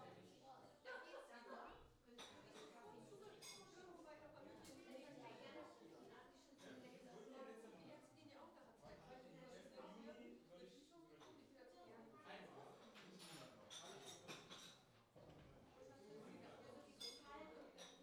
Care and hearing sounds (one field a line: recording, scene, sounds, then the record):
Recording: everyday scene through a hearing-aid microphone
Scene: many people talking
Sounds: many voices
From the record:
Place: parish hall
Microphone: in the ear canal, left